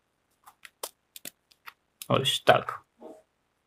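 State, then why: Seated. The hole in the end of an ink ribbon for an Optima SM40 typewriter is pressed with a finger onto the small tooth of the ribbon spool hub. A series of faint, sharp clicks sounds between 0.5 and 1.7 seconds, the loudest at 0.8 seconds, when the ribbon end snaps onto the tooth and locks in place. Someone then talks.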